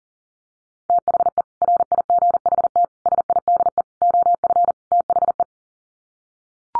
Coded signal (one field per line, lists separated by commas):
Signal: Morse code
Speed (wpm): 40 wpm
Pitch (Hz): 700 Hz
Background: none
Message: THE RIGHT SIDE OF THE